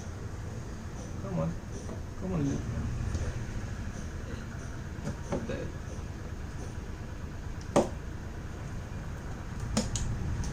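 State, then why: Seated. A single 16 GB DDR4 memory stick is pushed into a motherboard DIMM slot while someone talks. After some struggle, sharp clicks of the retention latch are heard at 7.8 s and 9.8 s. The stick is seated in the slot.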